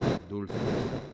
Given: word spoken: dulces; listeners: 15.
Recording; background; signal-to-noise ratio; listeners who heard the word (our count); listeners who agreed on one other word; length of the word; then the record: one Spanish word in noise, from a listening test; noise modulated by one talker; -7.6 dB; 1 of 15; 14 of 15; 0.74 s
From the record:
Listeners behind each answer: 14, 1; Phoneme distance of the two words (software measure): 7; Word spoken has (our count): 2 syllables, 6 phonemes, stress on syllable 1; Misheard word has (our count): 2 syllables, 5 phonemes, stress on syllable 1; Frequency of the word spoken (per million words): 14.24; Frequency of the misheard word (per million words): 40.10